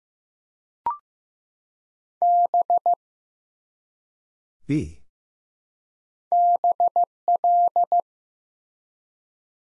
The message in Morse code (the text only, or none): B BL